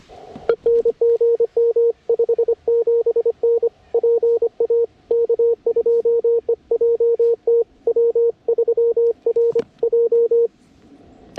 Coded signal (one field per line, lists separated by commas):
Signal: Morse code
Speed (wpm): 25 wpm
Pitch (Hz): 470 Hz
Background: radio noise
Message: E NGM 57N PA K2EJT W3RJ